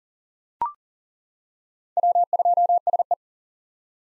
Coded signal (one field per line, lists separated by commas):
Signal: Morse code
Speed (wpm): 38 wpm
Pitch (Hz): 700 Hz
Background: none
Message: W2SE